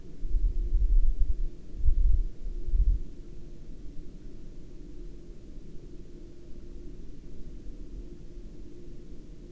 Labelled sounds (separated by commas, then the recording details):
man-made sound
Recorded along the Dalton Highway, Alaska, on 23 October 2019 at 20:00
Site 07